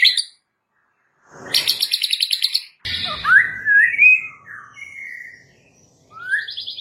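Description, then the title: White-rumped shama song: a rapid buzzy trill, then rich whistled phrases sliding between notes, with a rising whistle at the end. Training song, full rolling and shooting song style. "Masteran Murai Batu Full Ngerol Nembak"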